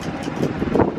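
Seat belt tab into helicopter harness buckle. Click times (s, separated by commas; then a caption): 0.8 s. Two harness buckle tabs, the shoulder/bumper restraint and the left side, are brought straight across and pushed into the metal buckle slot of a helicopter seat harness. Over a steady low rumbling background, two quick clicks land close together at about 0.8 s. The tabs seat and the harness is secure.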